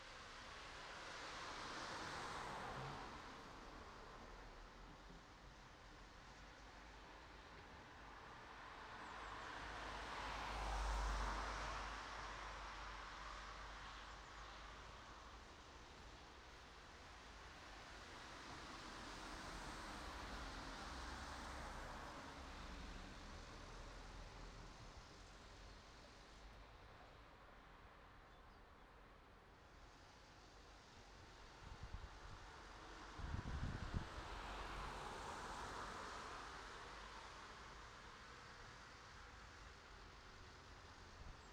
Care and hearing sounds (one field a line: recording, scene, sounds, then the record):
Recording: everyday scene through a hearing-aid microphone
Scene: in traffic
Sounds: traffic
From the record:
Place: city secondary road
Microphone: in the ear canal, right